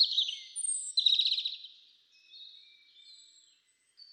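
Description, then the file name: European robin song: a short phrase of high whistles and a fast pulsing trill, fading into faint thin notes and near silence. "Erithacus rubecula"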